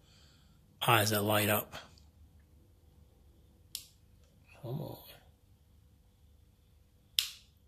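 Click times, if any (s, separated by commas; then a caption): 7.2 s. A plastic model kit part is pushed into its mating socket and snaps home with a loud, sharp snap at 7.2 s. Someone talks in short bursts beforehand, and a smaller sharp tick is heard near 3.8 s. The part seats fully, and this kit makes a loud snap when its pieces are put together.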